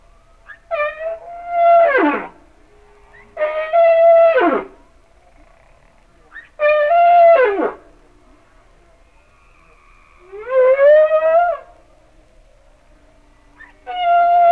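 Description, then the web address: Humpback whale song: drawn-out moaning units with rich harmonics, some rising in pitch, given in phrases roughly every three seconds with quiet gaps between. "Whale Songs Sounds of Nature - Humpback Whales"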